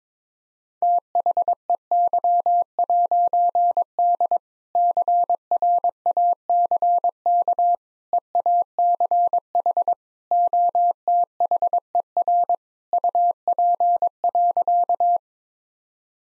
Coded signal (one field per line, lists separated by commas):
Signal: Morse code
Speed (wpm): 22 wpm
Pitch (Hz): 700 Hz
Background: none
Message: THEY'D CRACK EACH OTHER UP.